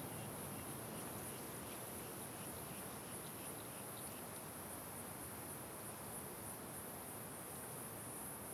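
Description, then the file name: High, steady cricket trill with slight pulsing runs through strong wind roar from start to end. Crickets in strong wind at the Simão Correa waterfall. "Ambiencia com Vento Forte Passaros e Grilos na Cachoeira Simao Correa"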